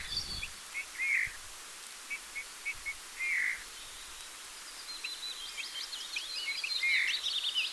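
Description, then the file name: Eurasian bullfinch calls: a few mellow piping whistles spaced a couple of seconds apart, with short faint notes between and high chattering birdsong later behind a noisy background. "Pyrrhula pyrrhula"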